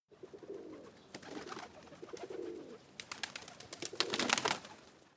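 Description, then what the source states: Pigeon cooing in soft low hums, then a burst of sharp clattering wing flaps near the end. Cooing with wing flutter.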